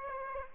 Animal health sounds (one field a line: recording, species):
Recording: mosquito wingbeat signal from an infrared sensor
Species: Aedes aegypti